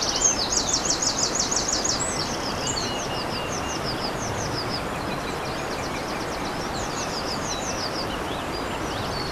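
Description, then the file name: Eurasian wren song, a loud fast trill of rapid repeated notes opening, then quieter trilled phrases continuing, with steady rushing water throughout. Recorded by a stream on 21 April 2015 with a MZ-N710 recorder. "Troglodyte mignon ruisseau 21 04 15"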